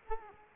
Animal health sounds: mosquito wingbeat signal from an infrared sensor; Culex quinquefasciatus

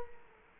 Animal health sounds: mosquito wingbeat signal from an infrared sensor; Culex quinquefasciatus

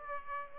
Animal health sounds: mosquito wingbeat signal from an infrared sensor; Aedes aegypti

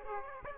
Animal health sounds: mosquito wingbeat signal from an infrared sensor; Aedes aegypti

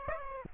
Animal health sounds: mosquito wingbeat signal from an infrared sensor; Aedes aegypti

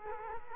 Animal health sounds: mosquito wingbeat signal from an infrared sensor; Culex quinquefasciatus

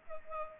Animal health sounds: mosquito wingbeat signal from an infrared sensor; Culex pipiens

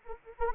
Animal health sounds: mosquito wingbeat signal from an infrared sensor; Anopheles arabiensis

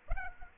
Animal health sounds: mosquito wingbeat signal from an infrared sensor; Aedes aegypti

